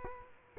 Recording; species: mosquito wingbeat signal from an infrared sensor; Culex quinquefasciatus